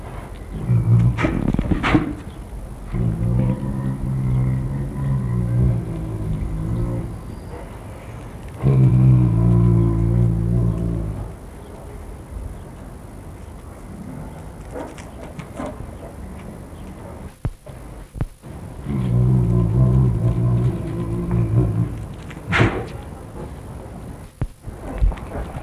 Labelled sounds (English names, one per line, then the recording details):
Brown Bear call
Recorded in captivity
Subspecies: middendorffi
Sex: female
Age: adult
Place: Zoo Rostock, Mecklenburg-Vorpommern, DE
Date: 1962-05-04 14:00
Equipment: Minifon, Kopie Smaragd
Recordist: Tembrock, Günter
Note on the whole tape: Kodiakbär, Weibchen: seit Tagen in der Anlage, zeigt starke Fluchttendenzen vor jüngeren Tieren: läuft stereotyp an einer Seite hin und her, dabei Hecheln; bei Annäherung anderer Brummen, rhythmische Lautfolgen, Schnaufen und Stoßlaute